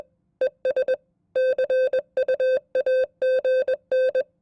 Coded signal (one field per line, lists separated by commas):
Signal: Morse code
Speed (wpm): 21 wpm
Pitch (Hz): 520 Hz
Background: none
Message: ES CUAGN